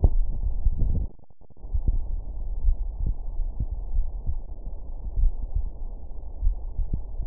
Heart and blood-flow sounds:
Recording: heart sounds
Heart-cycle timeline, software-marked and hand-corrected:
0.00	0.40	diastole
0.40	0.56	S1
0.56	0.80	systole
0.80	0.96	S2
0.96	1.64	diastole
1.64	1.72	S1
1.72	1.86	systole
1.86	2.00	S2
2.00	2.64	diastole
2.64	2.78	S1
2.78	3.00	systole
3.00	3.14	S2
3.14	3.94	diastole
3.94	4.08	S1
4.08	4.28	systole
4.28	4.38	S2
4.38	5.16	diastole
5.16	5.32	S1
5.32	5.54	systole
5.54	5.66	S2
5.66	6.44	diastole
6.44	6.58	S1
6.58	6.78	systole
6.78	6.88	S2
6.88	7.26	diastole
From the record:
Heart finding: coronary artery disease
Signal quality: good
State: rest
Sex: male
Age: 53 years

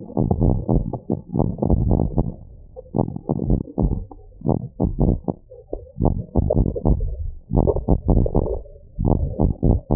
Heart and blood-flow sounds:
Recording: heart sounds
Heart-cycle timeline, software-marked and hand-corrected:
not marked
From the record:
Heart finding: abnormal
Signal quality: poor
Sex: male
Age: 72 years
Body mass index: 30.3

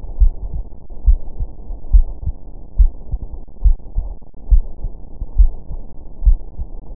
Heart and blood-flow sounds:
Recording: heart sounds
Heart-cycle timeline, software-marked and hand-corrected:
0.00	0.20	diastole
0.20	0.34	S1
0.34	0.54	systole
0.54	0.64	S2
0.64	1.06	diastole
1.06	1.18	S1
1.18	1.38	systole
1.38	1.48	S2
1.48	1.92	diastole
1.92	2.06	S1
2.06	2.26	systole
2.26	2.34	S2
2.34	2.78	diastole
2.78	2.90	S1
2.90	3.10	systole
3.10	3.18	S2
3.18	3.64	diastole
3.64	3.76	S1
3.76	3.96	systole
3.96	4.06	S2
4.06	4.50	diastole
4.50	4.64	S1
4.64	4.84	systole
4.84	4.92	S2
4.92	5.38	diastole
5.38	5.52	S1
5.52	5.72	systole
5.72	5.80	S2
5.80	6.24	diastole
6.24	6.38	S1
6.38	6.58	systole
6.58	6.68	S2
6.68	6.96	diastole
From the record:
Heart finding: coronary artery disease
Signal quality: good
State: rest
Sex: female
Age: 53 years

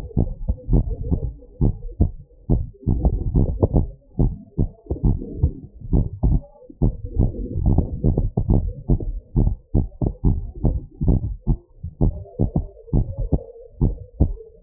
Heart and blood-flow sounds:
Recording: heart sounds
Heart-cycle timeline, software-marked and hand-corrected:
0.00	0.18	systole
0.18	0.30	S2
0.30	0.70	diastole
0.70	0.84	S1
0.84	1.10	systole
1.10	1.20	S2
1.20	1.62	diastole
1.62	1.74	S1
1.74	2.00	systole
2.00	2.10	S2
2.10	2.50	diastole
2.50	2.64	S1
2.64	2.88	systole
2.88	3.00	S2
3.00	3.34	diastole
3.34	3.48	S1
3.48	3.74	systole
3.74	3.86	S2
3.86	4.20	diastole
4.20	4.34	S1
4.34	4.60	systole
4.60	4.68	S2
4.68	5.04	diastole
5.04	5.16	S1
5.16	5.42	systole
5.42	5.52	S2
5.52	5.92	diastole
5.92	6.04	S1
6.04	6.26	systole
6.26	6.40	S2
6.40	6.82	diastole
6.82	6.92	S1
6.92	7.18	systole
7.18	7.30	S2
7.30	7.64	diastole
7.64	7.80	S1
7.80	8.06	systole
8.06	8.16	S2
8.16	8.50	diastole
8.50	8.64	S1
8.64	8.90	systole
8.90	9.00	S2
9.00	9.38	diastole
9.38	9.52	S1
9.52	9.76	systole
9.76	9.88	S2
9.88	10.26	diastole
10.26	10.38	S1
10.38	10.66	systole
10.66	10.76	S2
10.76	11.06	diastole
11.06	11.20	S1
11.20	11.48	systole
11.48	11.58	S2
11.58	12.02	diastole
12.02	12.14	S1
12.14	12.40	systole
12.40	12.50	S2
12.50	12.94	diastole
12.94	13.06	S1
13.06	13.32	systole
13.32	13.42	S2
13.42	13.82	diastole
13.82	13.94	S1
13.94	14.22	systole
14.22	14.34	S2
14.34	14.63	diastole
From the record:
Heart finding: normal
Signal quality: good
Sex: female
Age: 58 years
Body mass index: 33.1

